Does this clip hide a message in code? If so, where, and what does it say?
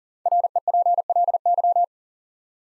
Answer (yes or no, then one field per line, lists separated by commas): yes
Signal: Morse code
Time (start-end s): 0.3-1.8 s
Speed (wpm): 40 wpm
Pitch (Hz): 700 Hz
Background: none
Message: REPLY